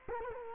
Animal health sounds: mosquito wingbeat signal from an infrared sensor; Culex quinquefasciatus

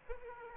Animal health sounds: mosquito wingbeat signal from an infrared sensor; Aedes aegypti

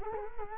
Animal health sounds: mosquito wingbeat signal from an infrared sensor; Culex quinquefasciatus

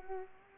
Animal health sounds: mosquito wingbeat signal from an infrared sensor; Culex pipiens

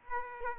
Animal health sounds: mosquito wingbeat signal from an infrared sensor; Aedes aegypti

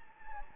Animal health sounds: mosquito wingbeat signal from an infrared sensor; Anopheles gambiae

